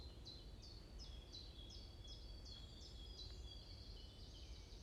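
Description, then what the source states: Bird chirping, a run of short high chirps repeated about every third of a second over a steady high whistle, with low rumbling background noise. Morning birds chirping around a forest at Bosvoorde, Watermaal-Bosvoorde, Brussels-Capital, Belgium; recorded with an AMBE VR mic.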